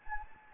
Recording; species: mosquito wingbeat signal from an infrared sensor; Anopheles gambiae